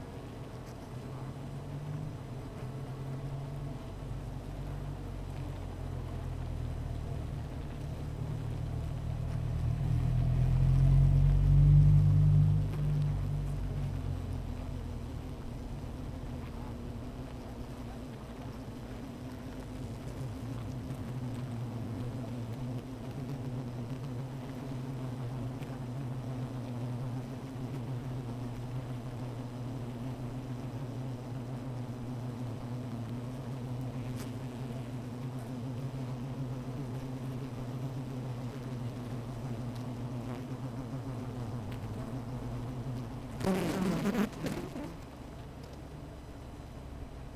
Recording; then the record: honeybee colony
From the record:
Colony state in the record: missing queen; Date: 14 July 2017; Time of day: 15:32